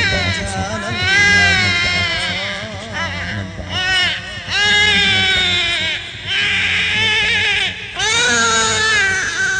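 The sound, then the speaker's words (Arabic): A baby in a cradle wails in long, loud, wavering cries that rise and fall in pitch, with brief breaks for breath between sobs, over a low steady hum. “ثائر في المهد يبكي، طرفه نحو السماء يرسل الأنظار شزرا، وجهه فيه شقاء.”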